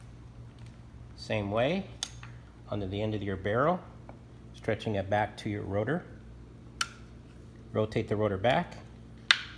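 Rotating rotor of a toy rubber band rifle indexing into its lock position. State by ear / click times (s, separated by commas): seated / 9.3 s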